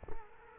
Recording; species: mosquito wingbeat signal from an infrared sensor; Culex quinquefasciatus